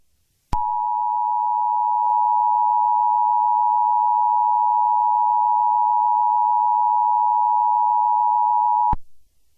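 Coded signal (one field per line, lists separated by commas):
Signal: Emergency Alert System (SAME) tones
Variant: 853 and 960 Hz attention tone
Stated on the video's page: Recreated mock EAS tsunami warning with valid tones: recreated Hawaii alert and reused California alert.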